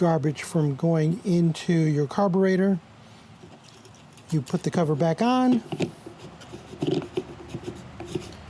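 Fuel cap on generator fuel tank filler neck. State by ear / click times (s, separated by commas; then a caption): not seated / none. Someone talks, then sets the plastic fuel cap back on the fuel tank filler neck of a Firman WH03242 inverter generator and turns it backwards to find the thread and avoid cross-threading, with faint scraping and small plastic knocks around 3.7–3.9 s and 6.8–8.0 s. The cap has not been tightened to its click yet.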